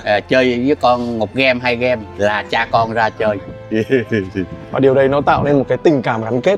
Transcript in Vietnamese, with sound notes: chơi với con một game, hai game là cha con ra chơi.
[cười khúc khích] Và điều đây nó tạo nên một cái tình cảm gắn kết đúng không?